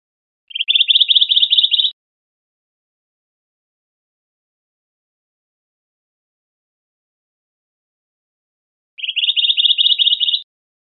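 Juniper titmouse giving a rapid, even trill of short, high notes lasting over a second, repeated once after about seven seconds of silence.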